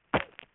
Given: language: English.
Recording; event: throat vibration sensor signal played as sound; cough